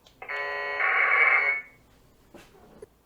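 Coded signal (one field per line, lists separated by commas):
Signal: packet radio (AX.25, as in APRS)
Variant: 1200 baud AFSK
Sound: one harsh buzzing data burst about 1.3 seconds long, shrill warbling rasp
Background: quiet room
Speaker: I na mapie widać, że jednak to się odświeżyło. 12:34:03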